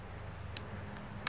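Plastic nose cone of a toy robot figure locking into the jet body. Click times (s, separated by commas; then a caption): 1.3 s. The plastic nose cone of a Transformers Generations Windblade robot figure is flipped down and around during its transformation into jet mode, over a low steady hum. Sharp ticks come at 0.6 s and 1.0 s, and a sharp plastic click at 1.3 s marks the nose cone locking into place on the jet body.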